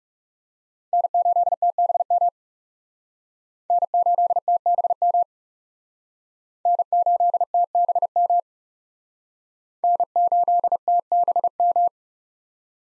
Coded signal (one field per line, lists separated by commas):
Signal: Morse code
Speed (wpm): 37 wpm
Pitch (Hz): 700 Hz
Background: none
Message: N8TBM N8TBM N8TBM N8TBM